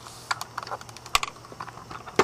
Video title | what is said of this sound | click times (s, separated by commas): Airsoft Reports Quality Review-Echo 1 M14 SOCOM P. 1 | then you push the trigger guard all the way down until you hear it click and you're back in business | 1.2 s